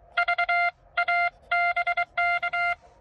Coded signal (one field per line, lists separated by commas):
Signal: Morse code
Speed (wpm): 22 wpm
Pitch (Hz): 690 Hz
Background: none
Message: VA BK